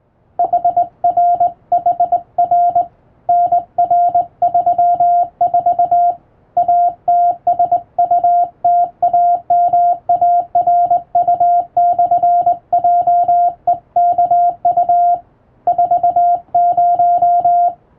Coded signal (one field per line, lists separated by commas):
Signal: Morse code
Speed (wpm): 20 wpm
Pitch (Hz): 700 Hz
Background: music, radio noise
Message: HRHR NR34 ATSUTAMARU/JEKU 40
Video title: あなたもモールス練習してみませんか？基本に忠実に打つと綺麗なモールス符号になります。手打ちで打てるとカッコイイかも！欧文モールス符号を電報練習帳で打ってみました morse code practice